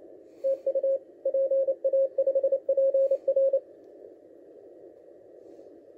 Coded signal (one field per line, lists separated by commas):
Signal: Morse code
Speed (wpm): 28 wpm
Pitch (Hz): 540 Hz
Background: none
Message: TU PA5PR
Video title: Malahit DSP2 SDR demonstration